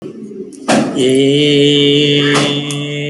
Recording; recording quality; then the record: sustained vowel as in made; excellent, no background noise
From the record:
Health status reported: healthy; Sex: male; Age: 31 years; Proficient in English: yes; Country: India